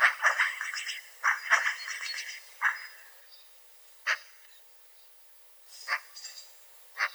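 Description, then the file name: Eurasian magpie making harsh chattering notes, a rattled burst at first, then scattered single rasping calls with quiet gaps between. "Soroka"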